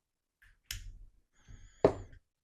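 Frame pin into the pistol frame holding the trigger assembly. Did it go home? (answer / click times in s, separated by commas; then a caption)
yes / 0.7 s, 1.8 s. A frame pin is pushed back through the polymer frame of a Glock 43X pistol and its trigger assembly during a flat-face trigger upgrade with a 3.5 lb connector, after light pressure on the trigger lines up the holes. Two sharp clicks are heard at 0.7 s and 1.9 s over a faint handling rustle. The pin is seated in the frame.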